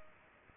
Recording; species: mosquito wingbeat signal from an infrared sensor; Culex pipiens